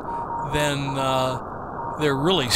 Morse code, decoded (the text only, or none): OF C